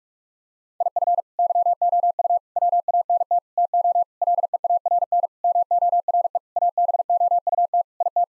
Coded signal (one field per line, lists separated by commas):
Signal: Morse code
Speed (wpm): 41 wpm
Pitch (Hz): 700 Hz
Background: none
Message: IF YOU WANT TO LEARN MORE ABOUT IT